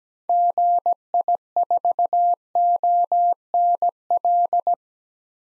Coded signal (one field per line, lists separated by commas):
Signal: Morse code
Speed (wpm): 17 wpm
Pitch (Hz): 700 Hz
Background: none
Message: GI4ONL